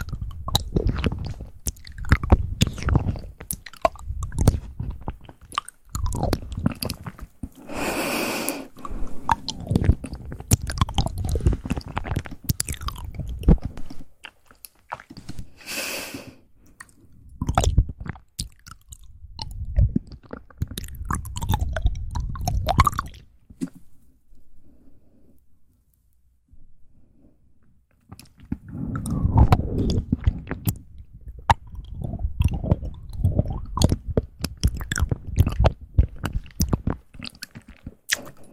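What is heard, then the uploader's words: Wet mouth sounds with dense chewing, biting and small crunches, loud in the low range with sharp clicks scattered throughout. Two brief bright hissy bursts come near 8 and 16 seconds. Quiet pauses fall around 14–17 and 23–28 seconds before the chewing resumes. ASMR Relaxing triggers & Mouth sounds.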